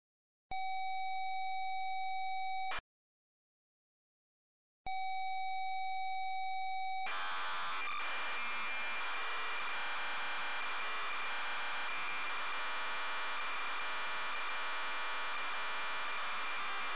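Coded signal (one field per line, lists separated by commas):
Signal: computer data on cassette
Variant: Amstrad CPC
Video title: Darkman (Amstrad CPC) - Full tape loading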